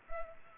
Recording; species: mosquito wingbeat signal from an infrared sensor; Culex pipiens